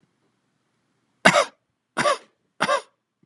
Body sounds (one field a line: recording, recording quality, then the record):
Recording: shallow voluntary cough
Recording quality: excellent, no background noise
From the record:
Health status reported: healthy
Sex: male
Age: 29 years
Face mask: not worn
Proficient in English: yes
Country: United States